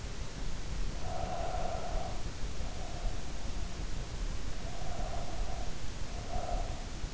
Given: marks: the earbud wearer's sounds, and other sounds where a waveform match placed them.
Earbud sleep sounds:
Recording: sounds in sleep by an in-ear microphone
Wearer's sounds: breath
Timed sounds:
0.79-3.40 s: breath
4.35-7.14 s: breath

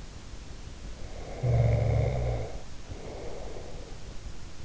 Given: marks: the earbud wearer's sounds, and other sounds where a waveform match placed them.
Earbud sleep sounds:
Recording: sounds in sleep by an in-ear microphone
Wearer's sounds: snoring breath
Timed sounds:
1.04-4.10 s: snoring breath

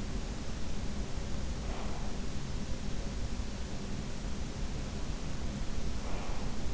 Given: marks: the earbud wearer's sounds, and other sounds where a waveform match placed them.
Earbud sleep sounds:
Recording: sounds in sleep by an in-ear microphone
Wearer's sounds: breath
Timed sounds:
1.59-2.34 s: breath
6.01-6.74 s: breath

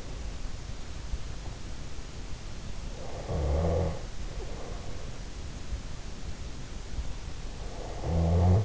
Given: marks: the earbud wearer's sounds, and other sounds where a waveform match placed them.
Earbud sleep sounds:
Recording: sounds in sleep by an in-ear microphone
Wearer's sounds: snoring breath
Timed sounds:
3.02-4.57 s: snoring breath
7.83-8.64 s: snoring breath

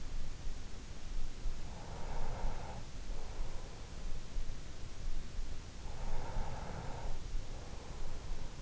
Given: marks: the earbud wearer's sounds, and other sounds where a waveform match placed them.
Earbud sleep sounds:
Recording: sounds in sleep by an in-ear microphone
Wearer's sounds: breath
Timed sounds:
1.71-4.17 s: breath
5.72-8.62 s: breath

